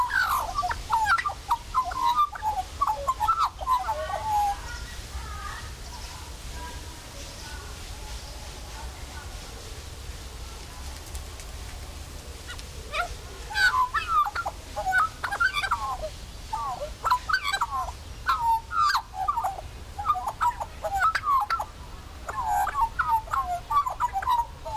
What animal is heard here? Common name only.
Australian Magpie